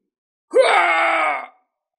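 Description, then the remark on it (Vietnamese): A wounded man lets out one loud, strained scream lasting about a second, rising sharply in pitch at the start and then holding steady before cutting off, with no other sound around it. “Đột nhiên tên tổ vương vừa bị thương hét to, gã như là cái rối gỗ bị người ta khống chế treo lên giữa trời cao.”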